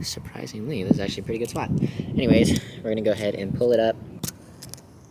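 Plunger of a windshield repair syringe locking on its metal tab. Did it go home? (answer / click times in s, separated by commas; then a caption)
no / none. Someone talks while handling the resin syringe of a windshield chip repair kit on a 10th Gen Honda Civic Si's cracked windshield, with a few faint sharp ticks near the end around 4.6–4.8 seconds. The syringe plunger is to be pulled up until a small metal tab catches and locks it, but nothing has seated or clicked yet.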